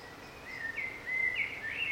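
Bird song: a continuous sweet warble of gliding, slurred notes that rises and falls, set against faint steady background noise.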